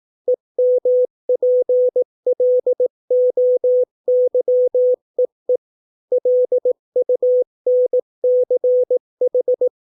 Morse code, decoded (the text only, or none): EMPLOYEE LUNCH